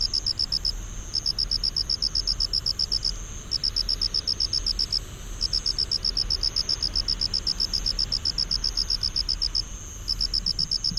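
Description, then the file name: Loxoblemmus campestris singing high, rapid pulsed chirp trains, each of many evenly spaced pulses lasting from under a second to about four seconds with short gaps, over low rumbling background noise. "haraokamekoorogi"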